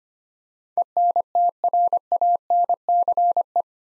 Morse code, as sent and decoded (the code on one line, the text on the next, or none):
. -. - .-. .- -. -.-. .
ENTRANCE